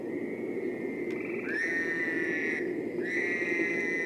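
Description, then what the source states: Fowler's toad calling: long nasal buzzy calls, repeated with brief gaps. Played recording; call described as a nasal 'wah, wah'.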